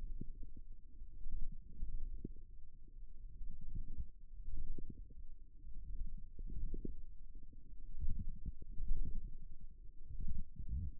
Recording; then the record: forearm muscle sounds (acoustic myography)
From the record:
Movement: wrist flexion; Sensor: system 1, eight BSWA MPA416 microphones around the upper forearm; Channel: 8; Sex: female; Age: 21 years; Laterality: right